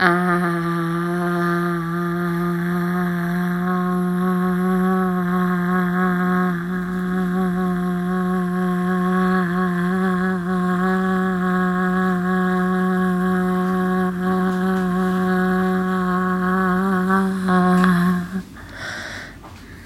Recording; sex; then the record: sustained vowel /a/; female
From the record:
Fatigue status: no fatigue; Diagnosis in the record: COVID-19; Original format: m4a